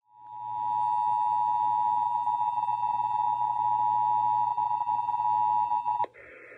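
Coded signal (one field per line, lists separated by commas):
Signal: Emergency Alert System (SAME) tones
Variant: 853 and 960 Hz attention tone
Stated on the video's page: Texas required monthly EAS test, May 2025, received from several television and radio stations.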